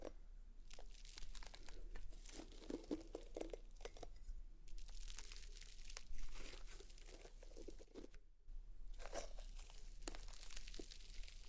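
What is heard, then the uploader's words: Slime being squished and worked, with dense crackling, popping and crinkly snaps that come in quick irregular bursts. The sound is bright and wet, with brief quieter pauses, one near the eight-second mark, before the crackling picks up again. ASMR SLIME! 5 Satisfying Slimes For Sleep (No Talking).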